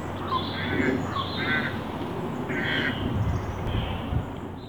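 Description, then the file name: Carrion crow giving several harsh, hoarse caws spaced throughout, over a steady low rumble of background noise. "Corvus corone"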